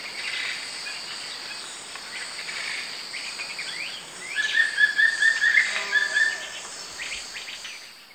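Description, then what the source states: Wing-barred piprites giving a quick series of short, clear whistled notes lasting about two seconds, over a steady high insect drone. Recorded in the eastern lowlands of South America.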